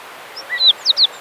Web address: birdsong. Dartford